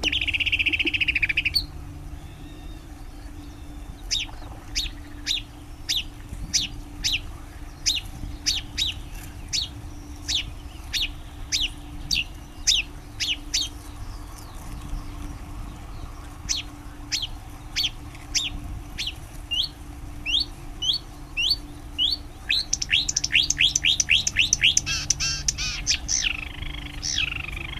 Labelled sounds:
Marsh Warbler (Acrocephalus palustris) song

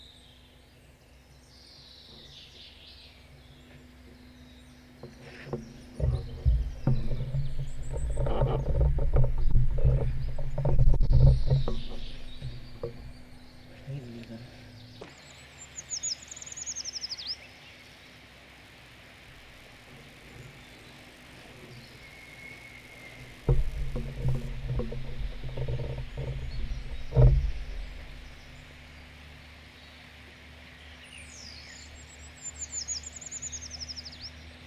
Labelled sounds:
Common Chaffinch (Fringilla coelebs)

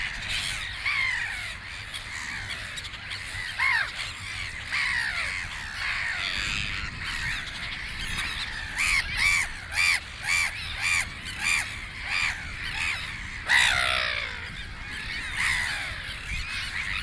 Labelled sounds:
Sandwich Tern (Thalasseus sandvicensis) call

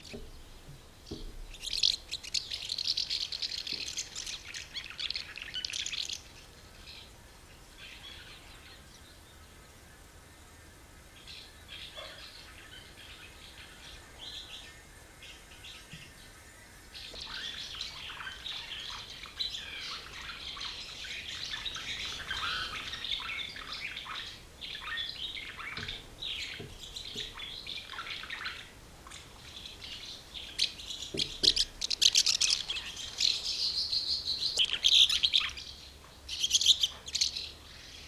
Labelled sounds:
Common House Martin (Delichon urbicum)

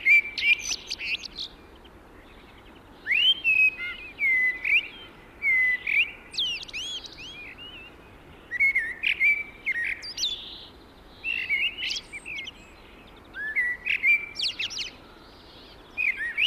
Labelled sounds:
Common Blackbird (Turdus merula) song

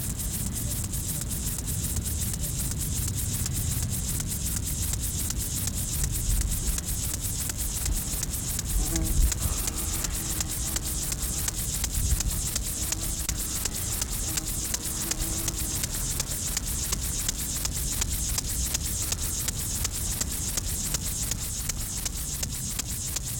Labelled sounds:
Upland Field Grasshopper (Chorthippus apricarius) stridulation

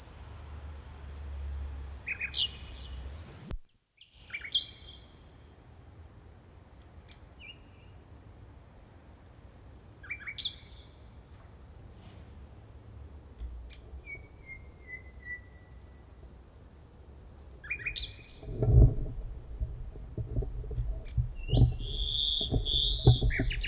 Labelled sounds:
Common Nightingale (Luscinia megarhynchos) song

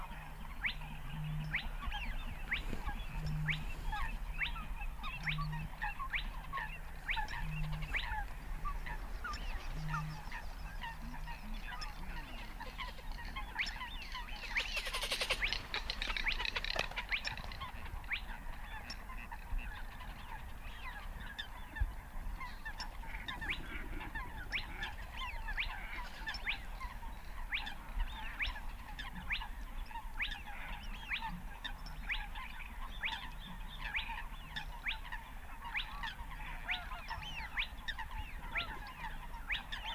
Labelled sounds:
Spotted Crake (Porzana porzana)

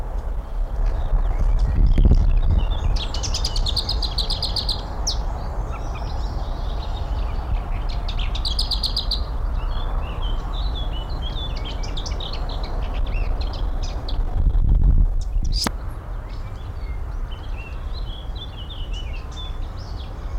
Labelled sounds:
Willow Warbler (Phylloscopus trochilus)

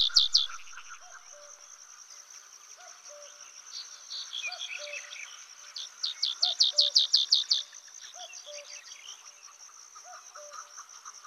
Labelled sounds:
White-capped Bunting (Emberiza stewarti) song

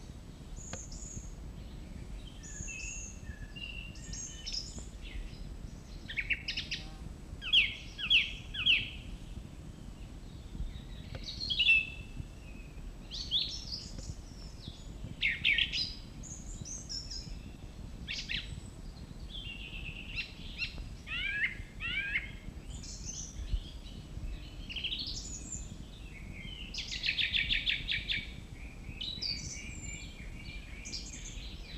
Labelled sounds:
Song Thrush (Turdus philomelos) song

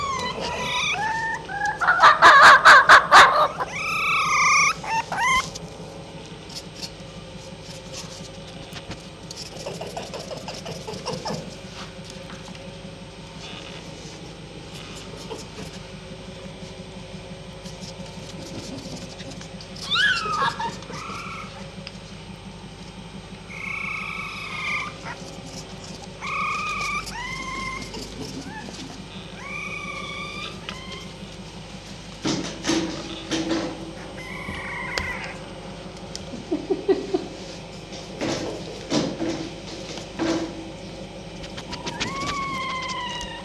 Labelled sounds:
Red Fox (Vulpes vulpes)

